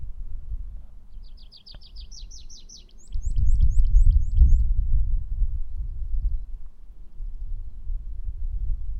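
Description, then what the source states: Pipit song: a rapid series of high, thin notes followed by a run of sharper, higher notes, over low rumbling background noise. Recorded 2 May 2009.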